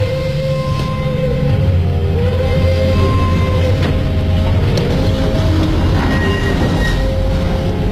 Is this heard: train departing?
yes